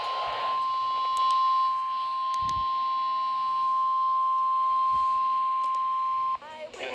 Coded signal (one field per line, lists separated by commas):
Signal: Emergency Alert System (SAME) tones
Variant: 1050 Hz attention tone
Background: speech